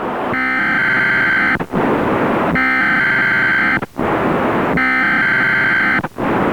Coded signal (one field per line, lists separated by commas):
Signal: Emergency Alert System (SAME) tones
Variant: header bursts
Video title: EAS Mock - Tornado Warning 2001